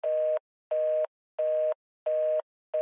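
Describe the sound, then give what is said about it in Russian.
A telephone busy signal after the other party hangs up: steady, even beeps of a single mid-pitched tone, each about a third of a second long, repeating at a regular pace with equal gaps of silence between them. “быстро проговорила она, и в трубке раздались короткие гудки.”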